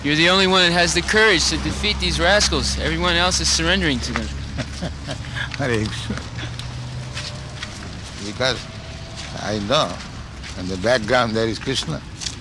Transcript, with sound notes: You're the only one that has the courage to defeat these rascals. Everyone else is surrendering to them.
[laughs] Hare Kṛṣṇa. Because I know on the background there is Kṛṣṇa.